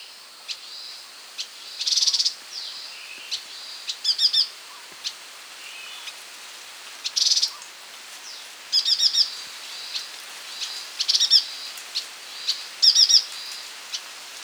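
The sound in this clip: Striated yuhina calls: short, high rattling bursts of rapid chirpy notes recurring every two seconds or so, with softer thin notes between, over a quiet background.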